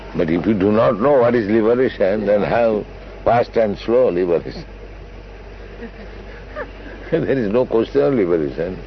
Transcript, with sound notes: But if you do not know what is liberation, then how fast and slow liberation? (chuckles) There is no question of liberation.